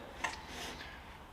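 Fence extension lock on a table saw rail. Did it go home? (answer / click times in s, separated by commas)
yes / 0.2 s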